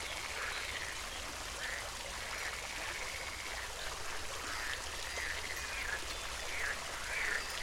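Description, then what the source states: Frog giving short calls over steady rushing, splashing water. Recorded with a fountain.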